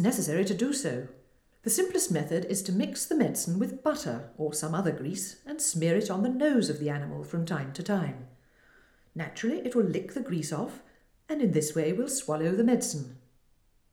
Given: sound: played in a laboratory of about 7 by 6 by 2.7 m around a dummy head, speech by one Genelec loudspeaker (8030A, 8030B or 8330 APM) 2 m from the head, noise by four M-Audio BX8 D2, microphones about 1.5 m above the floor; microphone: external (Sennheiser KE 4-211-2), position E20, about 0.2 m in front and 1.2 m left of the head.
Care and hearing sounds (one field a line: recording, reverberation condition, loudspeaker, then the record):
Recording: female speech in English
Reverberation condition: medium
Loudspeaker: 60 degrees to the left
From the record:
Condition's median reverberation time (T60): about 510 ms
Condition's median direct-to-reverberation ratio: about -0.5 dB